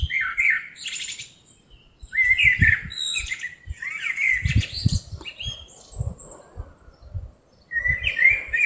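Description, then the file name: Common blackbird singing in separate phrases, each a mellow whistled opening followed by thin high squeaks, with low thumping noises underneath through much of the recording. "Turdus merula"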